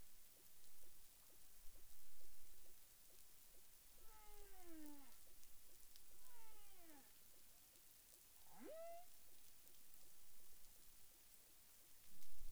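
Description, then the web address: Humpback whale vocalizations: two harmonic downsweeping moans in succession followed by a quick rising whoop, against a continuous low underwater hiss. Caribbean, recorded 30 January 2021 at about 12:54 UTC. "humpback whale 20210130 125458 UTC"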